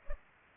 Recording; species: mosquito wingbeat signal from an infrared sensor; Culex pipiens